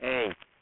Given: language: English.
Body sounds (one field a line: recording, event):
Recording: throat vibration sensor signal played as sound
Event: speech